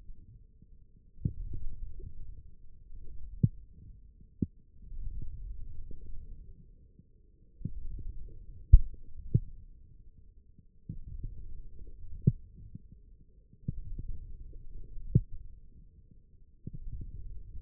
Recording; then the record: forearm muscle sounds (acoustic myography)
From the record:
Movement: forearm pronation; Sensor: system 1, eight BSWA MPA416 microphones around the upper forearm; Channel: 4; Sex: male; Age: 20 years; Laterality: left